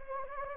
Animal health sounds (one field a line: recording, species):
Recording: mosquito wingbeat signal from an infrared sensor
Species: Anopheles gambiae